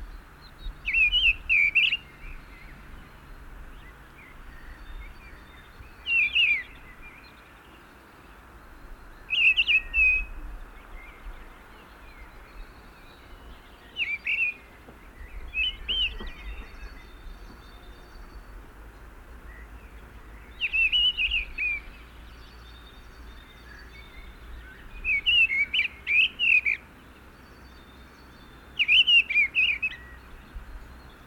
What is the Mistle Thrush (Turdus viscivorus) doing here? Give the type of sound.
song